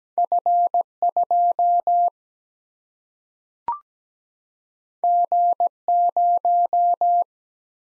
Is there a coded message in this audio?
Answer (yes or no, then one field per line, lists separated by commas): yes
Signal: Morse code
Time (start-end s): 0.2-7.2 s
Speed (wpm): 17 wpm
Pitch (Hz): 700 Hz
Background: none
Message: F 2 G 0